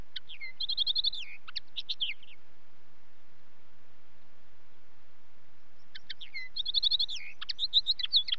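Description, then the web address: Common linnet giving two bursts of rapid, bright twittering, each lasting about two seconds with mixed trills and slurred notes, separated by a silent pause. "BBC Sound Effects Library - Birds Linnet"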